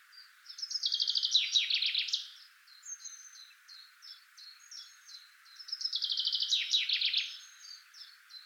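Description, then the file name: Common chaffinch delivering two vigorous songs about five seconds apart, each a rolling series of notes ending in a flourish, with thin high chirps between them. "Fringilla coelebs"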